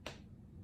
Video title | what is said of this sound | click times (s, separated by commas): Welcome to 104 #4 | on top, and then do you hear that little click? That means the cap is on, and I know my glue will be safe to use | 0.1 s